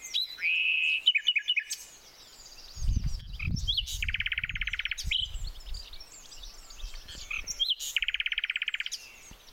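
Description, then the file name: Common nightingale song with loud repeated whistled notes and long buzzy trills recurring every few seconds, a low thudding sound near the middle, and other birds behind. "Luscinia megarhynchos"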